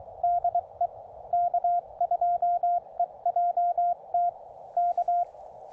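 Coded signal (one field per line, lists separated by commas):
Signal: Morse code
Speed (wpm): 22 wpm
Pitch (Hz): 690 Hz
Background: none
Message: DE K2EJT K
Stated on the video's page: QRP CW activation on a Penntek TR-35 under very poor solar and band conditions.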